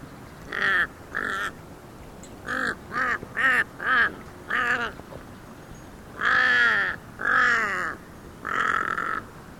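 Kaka calling with a run of short, rasping, nasal notes, then three longer drawn-out harsh calls near the end.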